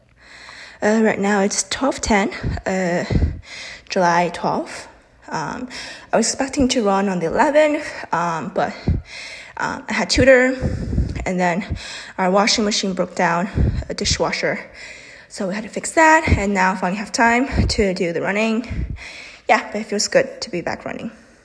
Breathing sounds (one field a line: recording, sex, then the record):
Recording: free speech after running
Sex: female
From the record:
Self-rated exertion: moderate exertion (3 of 6)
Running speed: 5 miles an hour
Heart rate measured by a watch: 145 beats a minute at the start, 139 at the end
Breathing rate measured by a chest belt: 19 breaths a minute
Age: 18 years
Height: 171 cm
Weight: 75 kg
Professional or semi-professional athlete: no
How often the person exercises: 1 to 2 times a week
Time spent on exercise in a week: under 1 hour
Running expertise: no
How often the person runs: 1 to 2 times a week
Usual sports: running, fencing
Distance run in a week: 3 km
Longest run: 21.3 km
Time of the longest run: 190 minutes